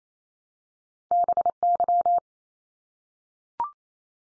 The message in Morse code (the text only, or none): BY